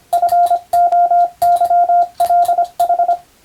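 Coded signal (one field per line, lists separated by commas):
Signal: Morse code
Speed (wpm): 25 wpm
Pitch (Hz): 700 Hz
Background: radio noise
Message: FOYLH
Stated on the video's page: Morse practice for the Japanese radiotelegraph operator national exam, using European-language telegram practice texts.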